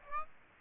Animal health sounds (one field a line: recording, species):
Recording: mosquito wingbeat signal from an infrared sensor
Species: Aedes aegypti